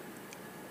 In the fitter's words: there's a little retaining clip on the passenger side right-hand side of the camera that has to be depressed and the camera will just pop in like this and snap in place